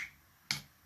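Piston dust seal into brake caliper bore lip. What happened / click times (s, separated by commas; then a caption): The seal lip snapped into its groove / 0.5 s. A piston dust seal's lip is pressed onto the first lip of a lubricated brake caliper bore. At 0.5 s it pops down into place with a single sharp snap, and the seal is seated.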